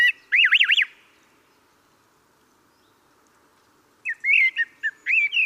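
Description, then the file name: Common blackbird song: a quick run of looping, rising-and-falling whistles, a three-second silence, then a second phrase of short fluty and squeaky notes. "Turdus merula"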